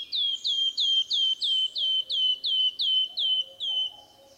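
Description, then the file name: Wood warbler piping song: many clear descending whistles repeated evenly, roughly three a second, with faint low tones in the background. 10 May 2008, 11:17. "20080510 1117 Phylloscopus sibilatrix"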